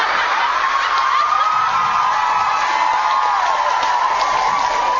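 An audience cheers in a steady, unbroken roar of many voices for about five seconds, with a thin wavering high tone threading through the noise.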